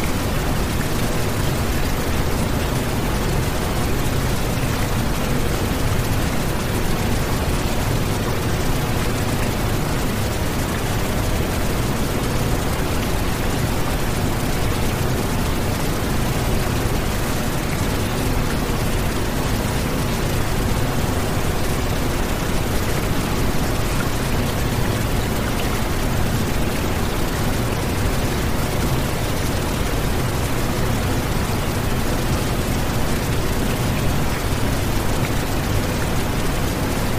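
A steady blend of brown and pink noise fills the whole range, with a deep, full rumble underneath and a softer hiss on top. The level never changes over the 37 seconds, and the dense texture resembles constant heavy rain with no separate events.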